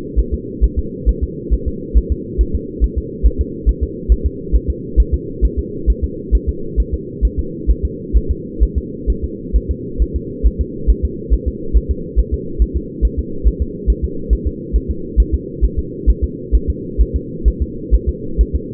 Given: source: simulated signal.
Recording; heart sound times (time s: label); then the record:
fetal heart sounds
0.19 s: S1
0.34 s: S2
0.64 s: S1
0.79 s: S2
1.09 s: S1
1.23 s: S2
1.54 s: S1
1.68 s: S2
1.98 s: S1
2.12 s: S2
2.41 s: S1
2.55 s: S2
2.84 s: S1
2.98 s: S2
3.26 s: S1
3.41 s: S2
3.69 s: S1
3.83 s: S2
4.12 s: S1
4.26 s: S2
4.56 s: S1
4.70 s: S2
5.00 s: S1
5.14 s: S2
5.45 s: S1
5.59 s: S2
5.90 s: S1
6.04 s: S2
6.35 s: S1
6.49 s: S2
6.80 s: S1
6.94 s: S2
7.25 s: S1
7.39 s: S2
7.70 s: S1
7.85 s: S2
8.17 s: S1
8.31 s: S2
8.63 s: S1
8.78 s: S2
9.10 s: S1
9.24 s: S2
9.56 s: S1
9.71 s: S2
10.02 s: S1
10.16 s: S2
10.46 s: S1
10.61 s: S2
10.90 s: S1
11.05 s: S2
11.34 s: S1
11.48 s: S2
11.77 s: S1
11.91 s: S2
12.19 s: S1
12.34 s: S2
12.62 s: S1
12.77 s: S2
13.05 s: S1
13.19 s: S2
13.48 s: S1
13.62 s: S2
13.90 s: S1
14.05 s: S2
14.33 s: S1
14.47 s: S2
14.76 s: S1
14.91 s: S2
15.20 s: S1
15.34 s: S2
15.65 s: S1
15.79 s: S2
16.10 s: S1
16.24 s: S2
16.55 s: S1
16.70 s: S2
17.01 s: S1
17.16 s: S2
17.48 s: S1
17.62 s: S2
17.94 s: S1
18.09 s: S2
18.41 s: S1
18.55 s: S2
From the record:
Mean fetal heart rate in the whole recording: 135 bpm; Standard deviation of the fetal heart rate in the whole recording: 3 bpm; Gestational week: 34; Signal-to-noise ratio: -4.3 dB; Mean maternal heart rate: 72 bpm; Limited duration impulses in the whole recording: absent